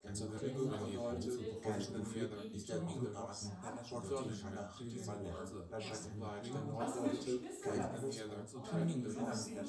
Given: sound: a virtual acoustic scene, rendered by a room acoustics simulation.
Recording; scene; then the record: noise of the scene; living room, symmetric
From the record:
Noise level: 70 dB SPL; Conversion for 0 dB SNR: 6.9 dB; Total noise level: 76.9 dB SPL